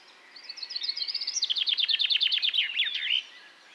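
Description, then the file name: Common chaffinch song: a quick series of high chirping notes running into a rattling trill of falling notes, ending in a brief flourish, nearly three seconds long. "Fringilla coelebs"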